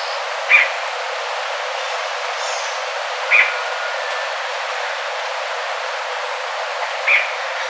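Bird giving three short, sharp calls a few seconds apart over a steady hiss of background noise.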